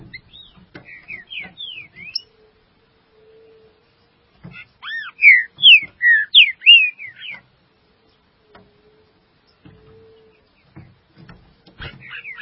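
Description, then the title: Green-winged saltator singing a rich whistled phrase of looping, slurred notes, loud in the middle, framed by quiet gaps, a faint hum and soft clicks. "Trinca Ferro"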